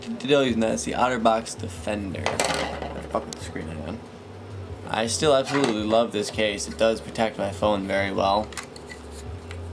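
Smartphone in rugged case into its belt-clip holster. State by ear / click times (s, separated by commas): seated / 9.5 s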